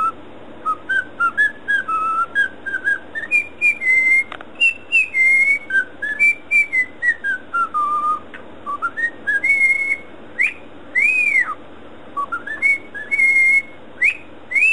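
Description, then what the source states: Cockatiel whistling a melodic tune of clear tonal notes, stepping up and down with some rising and falling slurs, phrases broken by short pauses. Whistling (siulan).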